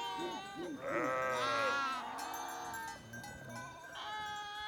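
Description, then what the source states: Sheep bleats, a cluster of short low bleats followed by a long quavering higher bleat, then softer overlapping calls fading out. September 2021.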